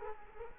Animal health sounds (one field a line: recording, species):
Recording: mosquito wingbeat signal from an infrared sensor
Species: Culex quinquefasciatus